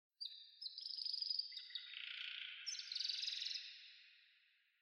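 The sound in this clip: Canary song: a fast run of sweet high trills and rolling warbles, shifting through several pitches over about four seconds before fading.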